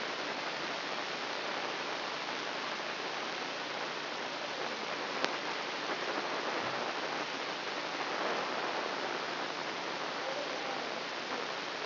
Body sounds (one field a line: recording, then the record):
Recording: brain microelectrode recording played as sound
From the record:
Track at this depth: inside the subthalamic nucleus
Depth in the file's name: 3.908 mm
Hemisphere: left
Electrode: 2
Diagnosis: Parkinson's disease